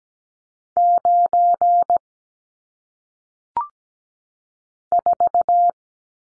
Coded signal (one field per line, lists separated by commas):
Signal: Morse code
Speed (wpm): 17 wpm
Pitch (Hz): 700 Hz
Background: none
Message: 9 4